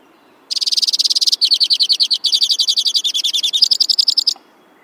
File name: suara-kicauan-burung-white-winged-crossbill -omkicau